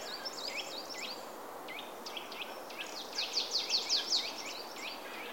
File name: Poecile palustris